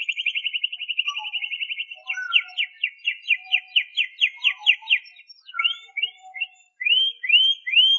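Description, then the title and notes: Canary song: a fast steady trill, then a slower series of sweeping notes, ending with a few rising whistled phrases. "BM Suara Kenari. BM Suara Burung Kenari"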